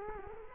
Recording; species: mosquito wingbeat signal from an infrared sensor; Culex quinquefasciatus